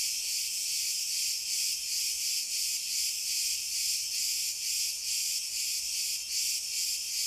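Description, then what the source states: Cicadas in a dense, unbroken high buzzing chorus that swells and fades in soft pulses, with no other sounds. Cicadas recorded in pine trees.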